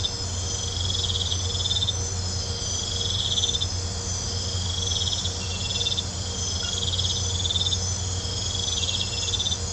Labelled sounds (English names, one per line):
none